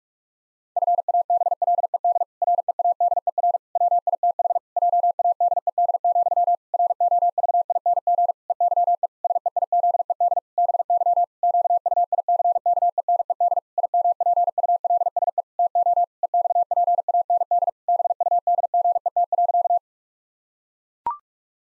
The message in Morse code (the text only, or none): FABLED READER WITH JADED, ROVING EYE SEIZED BY QUICKENED IMPULSE TO EXPAND BUDGET.